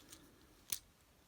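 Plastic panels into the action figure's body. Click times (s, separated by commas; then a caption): 0.7 s. Plastic panels on a transforming action figure are popped into their slots in the figure's body. A faint tick comes at 0.1 s, then a sharp, bright snap at 0.7 s as the panels pop into place and seat.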